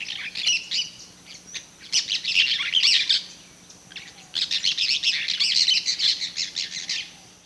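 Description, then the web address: Cobalt-winged parakeet calls: bursts of shrill, chattering chirps in rapid irregular series, with short pauses between flurries and a faint low hum beneath. Calls; recorded in the eastern lowlands of South America. "Natures Songs S America Eastern Lowlands Brotogeris cyanoptera, calls"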